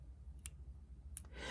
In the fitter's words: But it pops into place, and then you can tell when you're done twisting, and it's very easy.